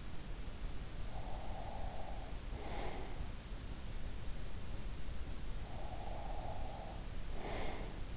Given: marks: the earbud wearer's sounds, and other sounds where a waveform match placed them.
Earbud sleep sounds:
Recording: sounds in sleep by an in-ear microphone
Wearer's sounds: breath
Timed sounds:
0.89-3.53 s: breath
5.45-8.17 s: breath

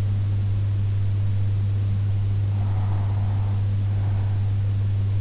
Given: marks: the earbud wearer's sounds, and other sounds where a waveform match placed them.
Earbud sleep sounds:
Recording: sounds in sleep by an in-ear microphone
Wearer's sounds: breath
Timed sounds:
2.86-4.86 s: breath

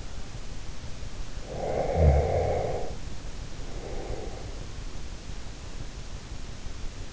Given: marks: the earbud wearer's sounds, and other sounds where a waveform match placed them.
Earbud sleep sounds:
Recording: sounds in sleep by an in-ear microphone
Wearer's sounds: snoring breath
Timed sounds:
1.37-4.74 s: snoring breath

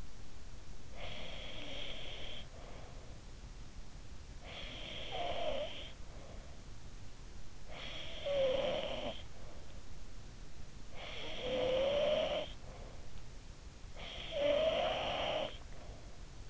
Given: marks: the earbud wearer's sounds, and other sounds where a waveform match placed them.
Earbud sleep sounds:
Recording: sounds in sleep by an in-ear microphone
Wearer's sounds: breath, snoring breath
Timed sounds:
0.52-3.52 s: breath
3.92-6.66 s: snoring breath
7.32-9.80 s: snoring breath
10.52-13.38 s: snoring breath
13.61-16.17 s: snoring breath

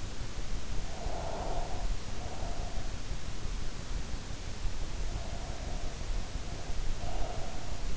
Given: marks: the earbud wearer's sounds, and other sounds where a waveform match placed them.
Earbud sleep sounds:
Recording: sounds in sleep by an in-ear microphone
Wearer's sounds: breath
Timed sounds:
0.83-2.94 s: breath
5.19-7.97 s: breath

